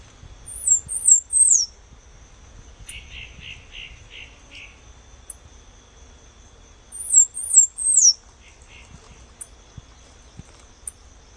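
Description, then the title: Half-collared sparrow singing two phrases of three high, thin, sliding whistles, with two short series of lower buzzy notes, over a faint constant hum. "LuckyPassaro Completos2Sama. Half-collared Sparrow (Arremon semitorquatus)"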